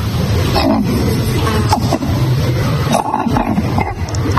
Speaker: Und so klingt der Kolkrabe übrigens in echt.